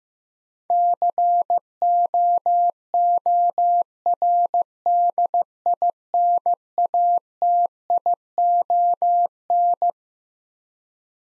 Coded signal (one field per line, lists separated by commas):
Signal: Morse code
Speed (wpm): 15 wpm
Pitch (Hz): 700 Hz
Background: none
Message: COORDINATION